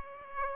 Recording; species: mosquito wingbeat signal from an infrared sensor; Aedes aegypti